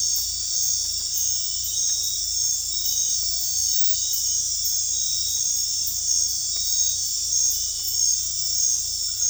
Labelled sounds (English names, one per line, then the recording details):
none
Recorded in dense forest near Puerto Asís, Putumayo, Colombia, on 18 December 2024 at 22:00
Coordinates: 0.484, -76.317
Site G026